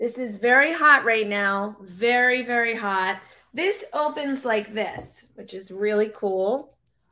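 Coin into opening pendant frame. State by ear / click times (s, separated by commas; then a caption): not seated / none. Someone talks while handling a vintage gold coin pendant on a silver-tone mesh chain, opening its hinged bezel frame around the coin. The speech fills the clip, and a faint short tick comes right at the end, but the coin has not yet snapped back into the frame; nothing has seated yet.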